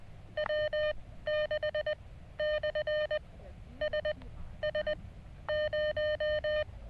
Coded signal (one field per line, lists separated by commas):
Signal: Morse code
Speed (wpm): 20 wpm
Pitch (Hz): 590 Hz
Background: none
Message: W6/SS0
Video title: Gear Failure Cuts Our SOTA Ski Trip Short